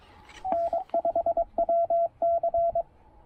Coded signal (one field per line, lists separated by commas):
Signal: Morse code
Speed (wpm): 19 wpm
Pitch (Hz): 690 Hz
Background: none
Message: N5WC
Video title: Pairing the Penntek TR-45L and Chelegance MC-750 for a super short POTA activation!